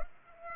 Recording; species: mosquito wingbeat signal from an infrared sensor; Culex pipiens